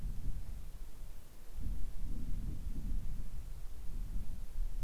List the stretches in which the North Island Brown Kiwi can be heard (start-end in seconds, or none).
none